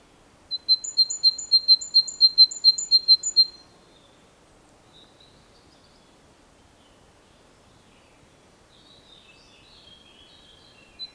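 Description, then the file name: Great tit calling with a fast run of bright, high notes on two alternating pitches for about three seconds. Faint chirps follow in a long, quiet stretch. "Parus major"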